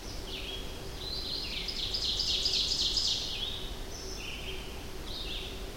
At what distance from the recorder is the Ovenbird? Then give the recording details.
about 30 m. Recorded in boreal forest in Alberta, Canada, on 25 June 2016 at 08:44. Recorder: SongMeter 3, array SBT-6-76. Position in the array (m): 32 m, 109 m. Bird 2